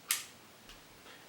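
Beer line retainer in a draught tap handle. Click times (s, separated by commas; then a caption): 0.1 s. A beer line is threaded through a plastic draught tap handle, and its retainer is pushed down until it clicks into place. A sharp click sounds at 0.1 s, followed by a fainter tick near 0.7 s and a soft one near 1.1 s. The line is seated in the handle.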